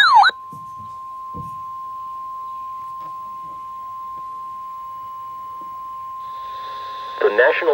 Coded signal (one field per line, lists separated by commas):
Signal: Emergency Alert System (SAME) tones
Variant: 1050 Hz attention tone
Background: speech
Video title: REAL EAS ALERT #6 (plus one more I didn't even count)